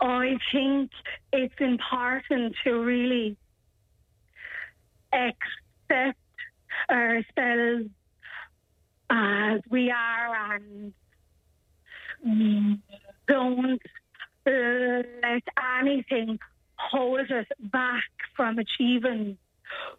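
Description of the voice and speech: Slow, deliberate speech of a young woman from Carrick-on-Shannon who has a stammer and was diagnosed with cerebral palsy as a child, with long pauses and stretched sounds typical of a stammer managed through a stammering programme.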